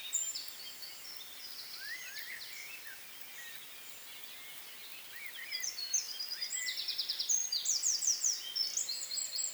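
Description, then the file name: Eurasian wren song starts after a quieter opening of scattered chirps, then bursts into fast, high, buzzy trills for the last few seconds. "Troglodytes troglodytes"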